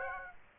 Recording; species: mosquito wingbeat signal from an infrared sensor; Aedes aegypti